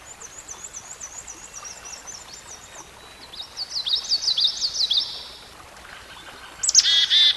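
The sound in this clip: Songbird song: a long thin wavering high twitter, rising and falling, swelling into a louder warble, then a sudden buzzy burst at the end.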